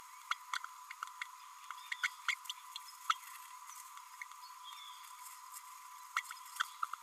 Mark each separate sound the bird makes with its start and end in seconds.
0.31-0.34, 2.03-2.08, 2.28-2.35, 2.49-2.52, 3.09-3.14, 6.16-6.22, 6.59-6.63